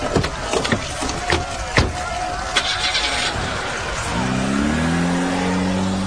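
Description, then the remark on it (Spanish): A few sharp knocks and clatters, then a car engine roars to life and revs up, its droning pitch climbing and holding steady as the vehicle accelerates away. “¡Suban al auto! Yo conduciré. Pasé mi adolescencia en los arrancones de Brooklyn.”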